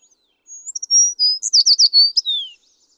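American tree sparrow song: high, sweet whistled notes opening a quick run of bright slurred chips, then a long falling whistled ending.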